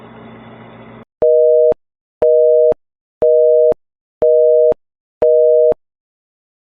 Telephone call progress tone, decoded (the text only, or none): busy tone